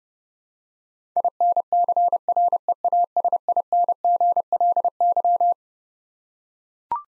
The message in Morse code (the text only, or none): INCREASINGLY